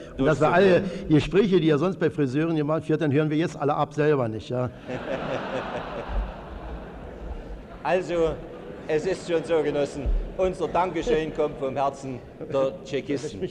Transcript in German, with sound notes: und das wir, und das alle Gespräche die ihr sonst beim Friseuren gemacht werden, hören wir jetzt alle ab, selber nicht wahr.
[Publikum und Sprecher 1 lachen] Also, es ist schon so, Genossen, unser Danke schön kommt vom Herzen der Tschekisten.